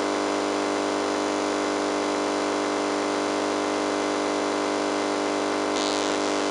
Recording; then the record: brain microelectrode recording played as sound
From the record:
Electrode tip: inside the subthalamic nucleus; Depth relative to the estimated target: -3 mm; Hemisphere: left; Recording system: NeuroSet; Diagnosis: Parkinson's disease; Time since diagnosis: 8 years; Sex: male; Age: 58 years